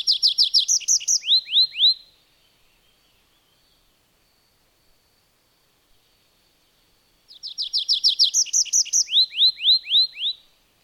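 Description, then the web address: Bird song: two phrases about five seconds apart, each a rapid high trill of falling notes slowing into several longer downslurred whistles, in quiet surroundings. "madarak enek"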